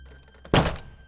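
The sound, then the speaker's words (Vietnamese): The main door of a residence is violently smashed open by a great force, with one loud, heavy crashing thud that hits suddenly after near silence and fades quickly, with no voices. “Cậu thiếu niên chưa kịp nói hết câu thì cửa chính đã bị một lực lớn đánh bay.”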